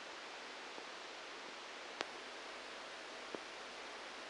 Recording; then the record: brain microelectrode recording played as sound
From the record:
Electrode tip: outside the subthalamic nucleus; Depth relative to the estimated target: -1 mm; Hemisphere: right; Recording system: NeuroSet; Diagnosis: Parkinson's disease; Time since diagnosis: 9 years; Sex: male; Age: 56 years